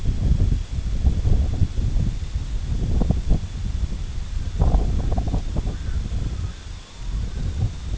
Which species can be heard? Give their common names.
Red-throated Loon